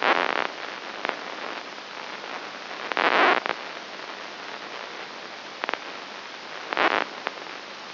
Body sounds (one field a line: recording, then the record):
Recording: brain microelectrode recording played as sound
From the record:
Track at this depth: inside the subthalamic nucleus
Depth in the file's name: 2.901 mm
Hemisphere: right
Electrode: 3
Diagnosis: Parkinson's disease